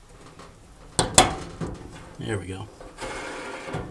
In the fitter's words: then this outer triangular little snap ring with a snap into place and hold that here